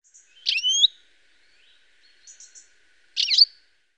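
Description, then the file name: European goldfinch calls, two bright, liquid twittering bursts with quick rising and falling notes, separated by a few soft tinkling notes and silence. "tengelic"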